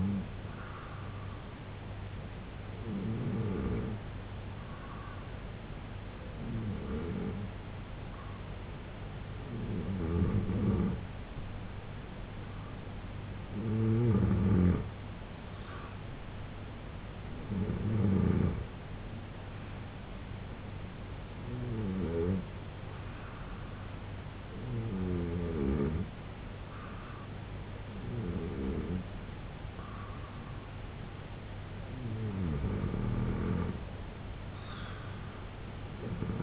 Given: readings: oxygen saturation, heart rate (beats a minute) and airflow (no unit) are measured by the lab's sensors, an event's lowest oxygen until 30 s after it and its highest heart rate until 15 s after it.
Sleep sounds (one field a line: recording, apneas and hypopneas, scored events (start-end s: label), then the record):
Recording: breathing in sleep by a voice recorder at the bedside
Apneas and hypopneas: 1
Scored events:
17.00-32.00 s: hypopnea (N2, oxygen 91% highest, then 87% lowest, heart rate 84 at the start, 84 highest)
From the record:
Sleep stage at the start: N2 (light sleep)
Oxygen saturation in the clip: 89 to 91%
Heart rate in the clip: 68 to 84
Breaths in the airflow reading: 9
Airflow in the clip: -3.5 to 6.0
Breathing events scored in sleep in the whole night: 258 in 7.4 hours asleep